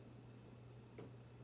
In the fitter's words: There it is, I heard a snap.